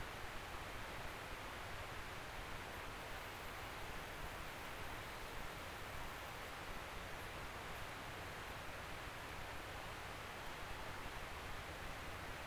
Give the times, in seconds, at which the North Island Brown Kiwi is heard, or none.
none